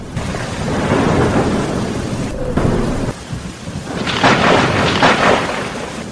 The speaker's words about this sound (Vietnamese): Ngoài cửa sổ vang lên tiếng sấm, ánh chớp trắng bạc tựa như thanh kiếm sắt chọc thủng bầu trời đêm, mưa to như trút nước, người đi đường không kịp phòng bị chạy tứ phía để trú mưa.